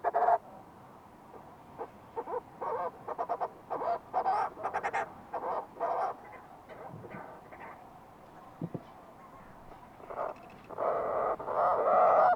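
Fulmar prion calls: rapid rasping pulsed bursts with gaps between, ending in a louder prolonged stuttering croak.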